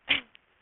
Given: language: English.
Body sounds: throat vibration sensor signal played as sound; cough

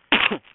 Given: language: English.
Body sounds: throat vibration sensor signal played as sound; cough

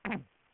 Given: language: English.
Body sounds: throat vibration sensor signal played as sound; throat clearing

